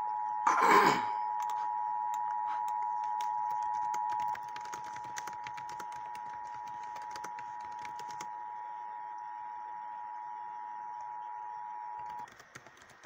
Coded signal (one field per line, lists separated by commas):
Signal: Emergency Alert System (SAME) tones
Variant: 853 and 960 Hz attention tone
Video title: EAS 610 FFA NWS WAKEFIELD